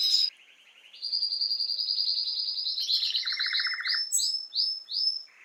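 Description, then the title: Canary singing a long steady trill that breaks into a lower rattling burst, then a run of separate rising whistled notes. Male Belgian canary named Raiden singing a lot; used to warm up young birds. "Esquente Seu Filhote E Canario Belga Em 30 Minutos Macho Cantando Muito. Canrio Belga RAIDEN Cantando Muito - Esquente seu Canrio Belga"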